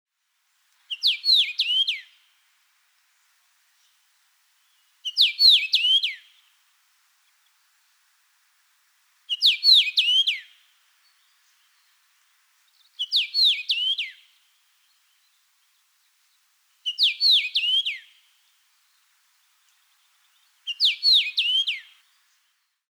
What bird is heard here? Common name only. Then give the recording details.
Common Rosefinch. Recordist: Frommolt, Karl-Heinz. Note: Gesang